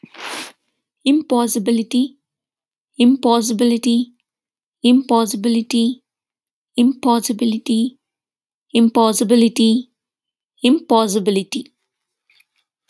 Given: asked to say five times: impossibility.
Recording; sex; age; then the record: repeated word; female; 30 to 39 years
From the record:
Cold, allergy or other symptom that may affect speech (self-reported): no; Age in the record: 30 years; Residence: United States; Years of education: 18